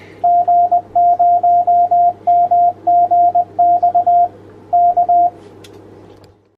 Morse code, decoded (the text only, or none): G0MGX K